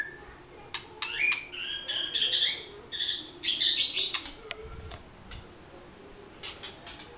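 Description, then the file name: White-rumped shama: songbird giving high, thin trilled and tinkling phrases mixed with clicks, rather soft and broken by pauses. Vietnam. "shama vietnam omkicau"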